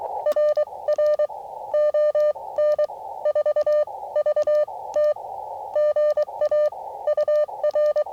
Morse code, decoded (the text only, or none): RR ON4VT GA UR